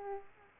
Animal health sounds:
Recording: mosquito wingbeat signal from an infrared sensor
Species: Aedes aegypti

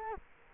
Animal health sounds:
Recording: mosquito wingbeat signal from an infrared sensor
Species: Culex quinquefasciatus

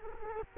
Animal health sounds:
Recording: mosquito wingbeat signal from an infrared sensor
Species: Culex quinquefasciatus

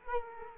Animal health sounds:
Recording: mosquito wingbeat signal from an infrared sensor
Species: Culex quinquefasciatus

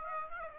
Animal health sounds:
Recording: mosquito wingbeat signal from an infrared sensor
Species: Aedes aegypti

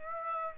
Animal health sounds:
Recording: mosquito wingbeat signal from an infrared sensor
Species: Aedes aegypti

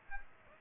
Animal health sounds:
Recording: mosquito wingbeat signal from an infrared sensor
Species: Aedes aegypti

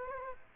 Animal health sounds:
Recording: mosquito wingbeat signal from an infrared sensor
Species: Culex quinquefasciatus

